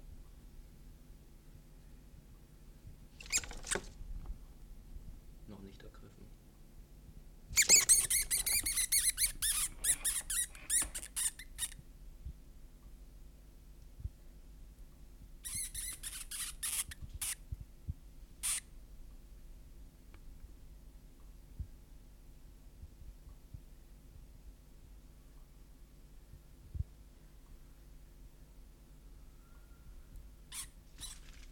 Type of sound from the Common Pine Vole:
distress call